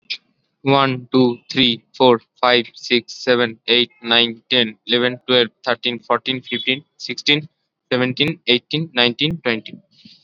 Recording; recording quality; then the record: counting at a normal pace; excellent, no background noise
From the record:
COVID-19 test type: RT-PCR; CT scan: not taken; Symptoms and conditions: none ticked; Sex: male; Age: 18 years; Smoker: yes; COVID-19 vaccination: both doses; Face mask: worn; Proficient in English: yes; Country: India